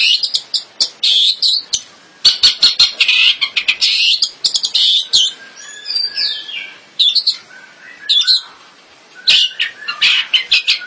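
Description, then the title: Long-tailed shrike singing a dense, varied medley of harsh scratchy notes, chirps and thin whistles, with a few brief pauses between phrases. "Kicau Burung Pentet"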